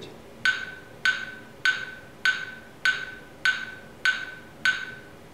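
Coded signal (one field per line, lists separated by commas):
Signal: none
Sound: metronome wood block clicks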